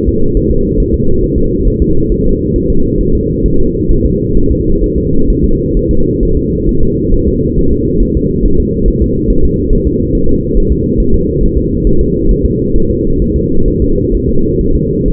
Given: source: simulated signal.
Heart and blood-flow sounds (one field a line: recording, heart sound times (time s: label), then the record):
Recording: fetal heart sounds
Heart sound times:
0.09 s: S2
0.37 s: S1
0.51 s: S2
0.80 s: S1
0.94 s: S2
1.24 s: S1
1.38 s: S2
1.68 s: S1
1.82 s: S2
2.12 s: S1
2.26 s: S2
2.56 s: S1
2.70 s: S2
3.01 s: S1
3.15 s: S2
3.46 s: S1
3.60 s: S2
3.91 s: S1
4.06 s: S2
4.37 s: S1
4.52 s: S2
4.84 s: S1
4.98 s: S2
5.30 s: S1
5.45 s: S2
5.77 s: S1
5.91 s: S2
6.23 s: S1
6.37 s: S2
6.69 s: S1
6.83 s: S2
7.14 s: S1
7.28 s: S2
7.59 s: S1
7.73 s: S2
8.03 s: S1
8.17 s: S2
8.46 s: S1
8.60 s: S2
8.88 s: S1
9.02 s: S2
9.30 s: S1
9.45 s: S2
9.73 s: S1
9.87 s: S2
10.15 s: S1
10.29 s: S2
10.58 s: S1
10.72 s: S2
11.00 s: S1
11.14 s: S2
11.43 s: S1
11.58 s: S2
11.87 s: S1
12.01 s: S2
12.31 s: S1
12.45 s: S2
12.76 s: S1
12.90 s: S2
13.22 s: S1
13.36 s: S2
13.68 s: S1
13.82 s: S2
14.15 s: S1
14.29 s: S2
14.61 s: S1
14.76 s: S2
15.08 s: S1
From the record:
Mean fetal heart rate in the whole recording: 135 bpm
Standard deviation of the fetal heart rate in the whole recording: 3 bpm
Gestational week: 36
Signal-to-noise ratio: -17.7 dB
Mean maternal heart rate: 72 bpm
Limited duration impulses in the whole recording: present